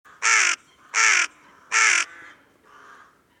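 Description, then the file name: Carrion crow cawing: three loud, harsh, rasping caws spaced under a second apart, followed by a much fainter fourth caw. "Corvus corone"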